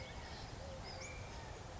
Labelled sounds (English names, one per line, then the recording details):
Western Flycatcher
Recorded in Sonoma County, California